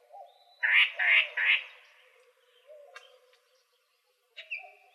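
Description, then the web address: Yellow-breasted Chat song phrase of three harsh, slurred squawks in quick succession, then a scattered click and a short high whistle, with faint low warbling beneath. Arizona Field Ornithologists sound library recording filed under other warblers; apparently recorded 24 April 2004. "Sound Library Other Warblers AZFO YBCH deviche 042404"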